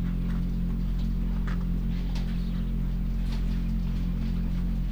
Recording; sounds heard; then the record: poultry house recording; sick chickens (respiratory disease)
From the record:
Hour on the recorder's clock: 21